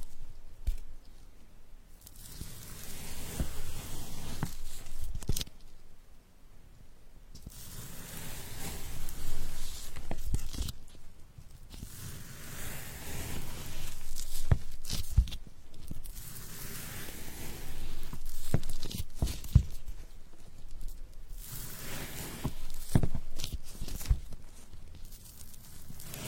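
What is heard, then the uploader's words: A knife works through a cheesecake in slow, soft, squishy strokes, each lasting a few seconds and separated by brief pauses. Sharp taps, likely the blade meeting the plate, land every four to five seconds over a low, steady background rumble. Cutting cheesecake.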